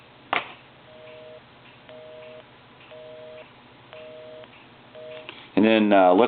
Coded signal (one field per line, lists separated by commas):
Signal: telephone call progress tone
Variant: North America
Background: speech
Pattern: busy tone